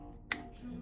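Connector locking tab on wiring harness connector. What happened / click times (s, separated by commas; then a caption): The connector lock snapped closed and seated / 0.3 s. A locking tab on a wiring harness connector is pushed closed again, snapping shut sharply at 0.3 seconds over a steady low background of music. The connector is confirmed tightly seated and working as it should.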